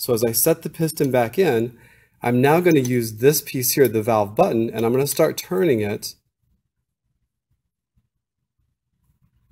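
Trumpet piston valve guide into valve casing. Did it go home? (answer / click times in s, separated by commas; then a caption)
no / none. A trumpet piston is set back into its valve casing and turned by the valve button so its white plastic valve guide can line up with its slot. Someone talks for the first six seconds, with a short pause near 2 seconds, then the clip falls almost silent. Nothing has seated or clicked yet.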